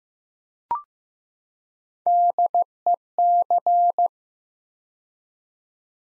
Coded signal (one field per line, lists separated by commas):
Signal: Morse code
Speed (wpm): 15 wpm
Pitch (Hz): 700 Hz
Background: none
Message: DEC